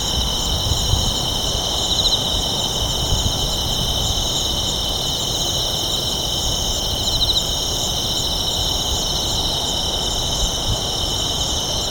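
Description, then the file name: Night insects in a steady, shimmering chorus: several continuous high trilling bands hold through the whole stretch over a low rumble of traffic. Night insects in Kashiwa town, Japan, at night with town ambience; mid-side stereo. "Japan Kashiwa Town Night Bugs and Ambience"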